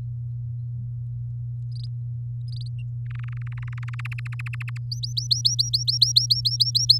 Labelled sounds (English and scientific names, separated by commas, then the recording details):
Domestic Canary (Serinus canaria) song
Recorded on 9 May 2018 at 14:59
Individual llb16